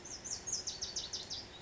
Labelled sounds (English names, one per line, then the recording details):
Lazuli Bunting
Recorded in Sonoma County, California